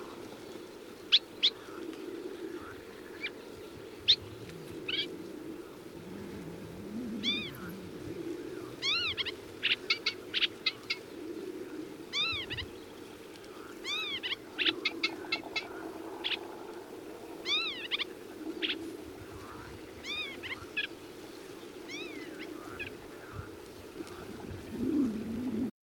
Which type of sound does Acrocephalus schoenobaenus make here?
song